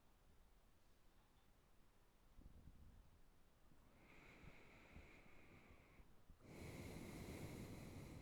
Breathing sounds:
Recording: nose breathing near a microphone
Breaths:
3.78-6.41 s: inhalation
6.41-8.21 s: exhalation
From the record:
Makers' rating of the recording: good

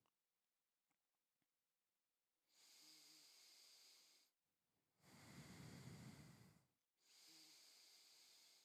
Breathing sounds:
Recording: nose breathing near a microphone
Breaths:
2.36-4.46 s: inhalation
4.46-6.71 s: exhalation
6.71-8.65 s: inhalation
From the record:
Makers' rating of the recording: medium

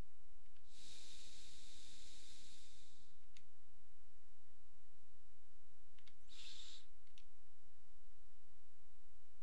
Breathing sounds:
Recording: nose breathing near a microphone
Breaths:
0.00-0.44 s: inhalation
0.44-3.24 s: exhalation
5.99-7.09 s: inhalation
From the record:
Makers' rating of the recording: medium

